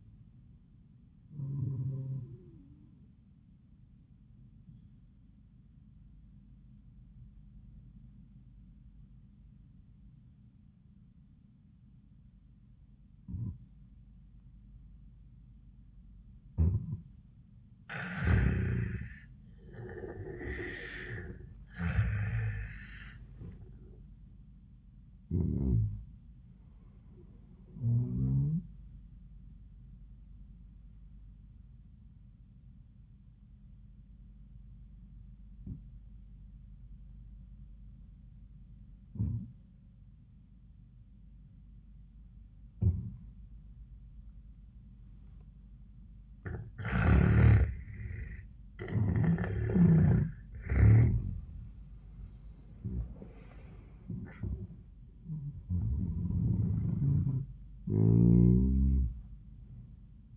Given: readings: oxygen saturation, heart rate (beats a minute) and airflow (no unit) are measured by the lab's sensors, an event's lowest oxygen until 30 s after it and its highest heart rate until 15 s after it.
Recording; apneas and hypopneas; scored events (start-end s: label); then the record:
breathing in sleep by a smartphone at the bedside; 2
2.00-32.00 s: new sleep stage, N1 (lightest sleep)
4.00-24.30 s: hypopnea (N1, oxygen 97% highest, then 88% lowest, heart rate 81 at the start, 93 highest)
32.00-48.40 s: obstructive apnea (N2, oxygen 96% highest, then 87% lowest, heart rate 83 at the start, 90 highest)
32.00-60.37 s: new sleep stage, N2 (light sleep)
From the record:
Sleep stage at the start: N2 (light sleep); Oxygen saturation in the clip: 85 to 97%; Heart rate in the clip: 81 to 93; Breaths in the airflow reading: 5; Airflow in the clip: -25.2 to 22.0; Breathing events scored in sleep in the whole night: 400 in 8.7 hours asleep